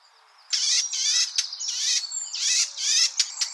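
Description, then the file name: Eurasian blackcap giving harsh, rasping calls: buzzy chattering bursts, mostly under half a second, separated by brief gaps and a few sharp clicks. "Sylvia atricapilla"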